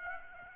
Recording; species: mosquito wingbeat signal from an infrared sensor; Aedes aegypti